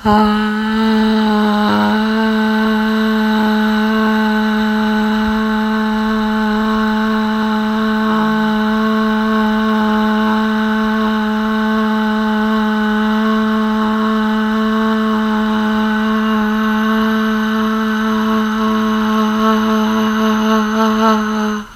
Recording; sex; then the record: sustained vowel /a/; female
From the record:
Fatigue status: no fatigue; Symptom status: asymptomatic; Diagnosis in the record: COVID-19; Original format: m4a